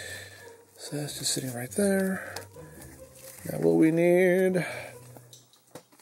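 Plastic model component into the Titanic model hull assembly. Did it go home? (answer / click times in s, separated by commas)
yes / 5.3 s, 5.8 s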